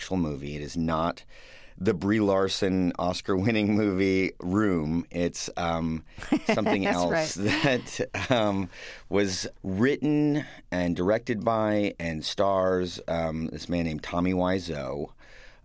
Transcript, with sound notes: It is not the Brie Larson, Oscar-winning movie, "Room." It's...
(Laughter) That's right.
...Something else that was written and directed by and stars this man named Tommy Wiseau,